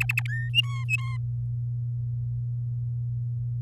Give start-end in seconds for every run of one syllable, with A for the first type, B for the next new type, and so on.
0.00-0.22 A, 0.25-0.49 B, 0.54-1.17 C